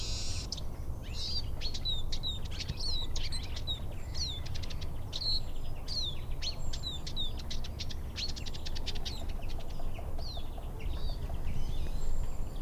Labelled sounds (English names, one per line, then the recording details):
Eurasian Siskin song
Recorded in the wild
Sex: male
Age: adult
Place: Bernau bei Berlin, Forst Bernau, Brandenburg, DE
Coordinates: 52.6975, 13.5211
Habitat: wood
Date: 2007-02-18 16:23
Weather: fair, 7-8°C
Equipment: Sound Devices 702, Sennheiser MKH 70, Windkorb
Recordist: Frommolt, Karl-Heinz